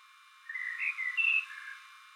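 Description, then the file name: Common blackbird giving a short warbled phrase of several sliding whistled notes, the loudest in the middle, then fading, with little else heard. "Turdus merula - Common Blackbird"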